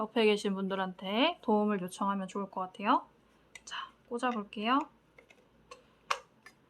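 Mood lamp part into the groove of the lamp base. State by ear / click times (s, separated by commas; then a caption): seated / 6.1 s. A part from a pearl-shell mood lamp craft kit is pushed into a groove on the lamp base while someone talks. After the talking, a few faint ticks are heard, then a sharp click at 6.1 s as the part seats in the groove.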